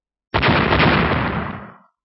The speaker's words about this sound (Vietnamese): Hai tiếng nổ lớn vang vọng, đột nhiên đỉnh núi rung rinh, bụi mù cuồn cuộn, đất đá văng ra tứ phía.